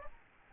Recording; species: mosquito wingbeat signal from an infrared sensor; Aedes albopictus